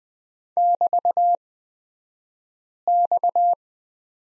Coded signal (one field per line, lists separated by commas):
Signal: Morse code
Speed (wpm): 20 wpm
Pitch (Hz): 700 Hz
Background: none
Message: <BT>X